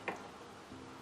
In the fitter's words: seating into the setting and you could could just hear it click as it went in there I'm just checking the level